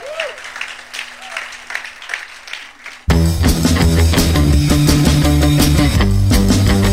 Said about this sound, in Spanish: Essas palmas são exclusivamente para o bacalhau.